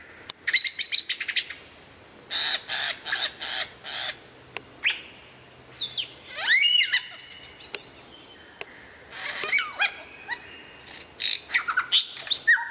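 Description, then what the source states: Lyrebird song: irregular bursts of harsh, crackling notes and rattles alternating with brief whistled sweeps and pauses. Song variations.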